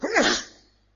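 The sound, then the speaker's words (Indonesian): A single sharp sneeze bursts out with a bright, noisy onset and a quick sliding tone, then trails off into quiet within a second. “Alhamdulillah. Yahdikumullah yuslih balakum.”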